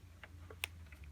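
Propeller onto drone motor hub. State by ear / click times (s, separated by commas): seated / 0.6 s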